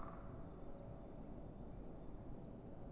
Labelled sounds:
Great Tit
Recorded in Germany
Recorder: ecoPi

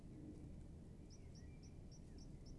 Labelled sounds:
Common Blackbird
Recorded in Germany
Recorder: ecoPi

